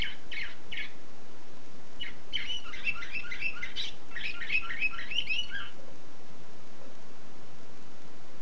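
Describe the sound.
Canary song: a few chirps, then a dense warbling trill of rapid notes lasting several seconds before stopping.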